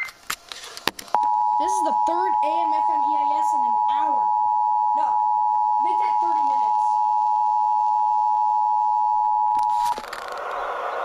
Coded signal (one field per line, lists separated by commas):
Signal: Emergency Alert System (SAME) tones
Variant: 853 and 960 Hz attention tone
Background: speech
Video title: AM/FM EAS #140: Severe Thunderstorm Warning